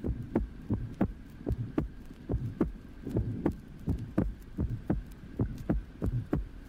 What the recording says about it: A clearly split first heart sound recorded at the lower sternum in a 5-year-old child. You will hear the two components of the first sound, a short, soft, innocent systolic murmur.